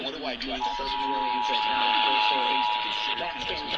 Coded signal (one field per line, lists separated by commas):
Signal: Emergency Alert System (SAME) tones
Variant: 853 and 960 Hz attention tone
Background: speech